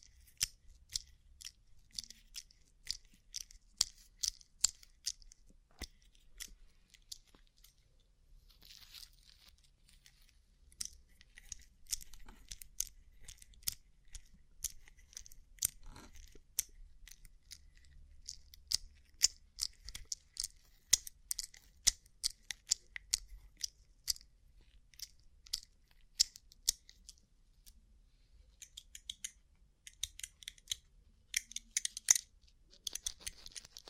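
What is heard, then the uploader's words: Rhinestone-covered tapping: a fast run of sharp, bright clicks, irregular in spacing and thick with bursts of rapid taps, with a brief lull near 16 seconds and denser clusters around 21–23 and 30–33 seconds. A faint low hum sits underneath throughout. ASMR Rhinestone Covered Tapping 3Dio (No Talking).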